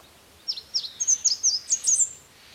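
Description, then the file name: Red warbler song: one quick, high twittering phrase of several sharp, slurred notes, rising slightly toward the end, over quiet background hiss. "Canto do mariquita vermelha"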